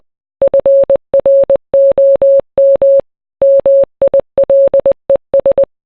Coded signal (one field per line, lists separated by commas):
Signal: Morse code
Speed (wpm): 20 wpm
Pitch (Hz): 550 Hz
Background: none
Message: FROM MILES